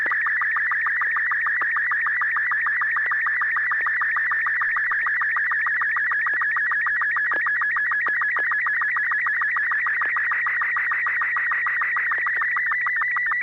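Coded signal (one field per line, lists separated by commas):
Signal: SSTV (slow-scan television)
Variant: Robot 36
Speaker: all right this will be a quickie a robot 36. next wow anders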